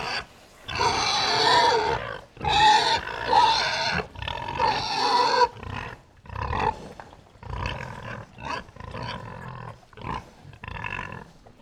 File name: pig herd grunt